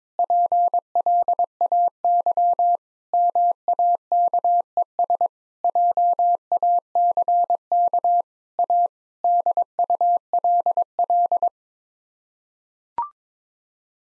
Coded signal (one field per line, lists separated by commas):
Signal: Morse code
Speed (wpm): 21 wpm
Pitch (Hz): 700 Hz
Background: none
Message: PLAY MAKES JACK A DULL